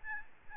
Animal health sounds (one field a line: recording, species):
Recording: mosquito wingbeat signal from an infrared sensor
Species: Aedes albopictus